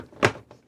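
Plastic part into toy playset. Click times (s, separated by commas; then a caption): 0.2 s. A plastic piece of the Snake Mountain action-figure playset is pushed into place and clicks in with a sharp, bright snap at 0.3 s. A much fainter tick follows at 0.5 s, and the piece is seated.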